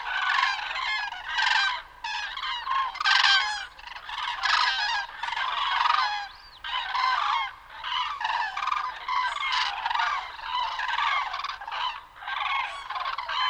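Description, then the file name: Common crane calls from many birds at once, a dense overlapping chorus of rolling trumpeting notes with little pause between them. "Grue-cendrée-Grus-grus"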